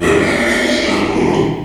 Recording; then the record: squeal of a Yucatan mini pig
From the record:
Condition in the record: after surgery on the right vocal fold (resection and tissue-engineered implant); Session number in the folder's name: 2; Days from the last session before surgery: 13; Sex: male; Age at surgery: 12 weeks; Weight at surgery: 13 kg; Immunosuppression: cyclosporine, prednisolone